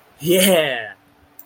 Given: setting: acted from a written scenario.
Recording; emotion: vocal sound without words; ecstasy